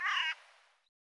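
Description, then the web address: Bird giving a single short harsh caw that fades quickly. "cianscape birddata Deverinetal 2025 File cleaned normalized Bird"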